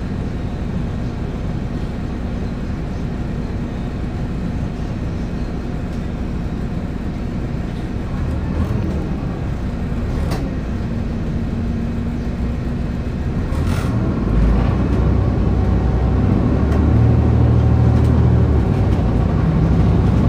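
A city bus ride with a constant low engine rumble and road noise filling the whole clip. A steady hum runs through the first half, then the engine note shifts and grows louder after about thirteen seconds, with a few short clicks and knocks along the way.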